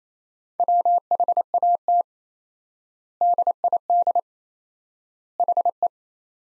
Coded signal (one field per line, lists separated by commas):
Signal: Morse code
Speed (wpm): 28 wpm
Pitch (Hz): 700 Hz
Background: none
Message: WHAT DID HE